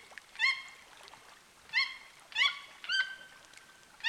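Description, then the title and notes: Toucan yelps, loud nasal harmonic notes repeated at uneven intervals, one held longer and level, quiet ambience behind. Amazon rainforest, flooded forest of Petit Saut lake, recorded from a canoe approaching a bank where birds sing, sunny late afternoon, far from city noise. "Le chant des toucans. la forêt amazonienne. la forêt inondée du lac de petit saut. une berge où des oiseaux chantent, par cette fin d’après-midi ensoleillée"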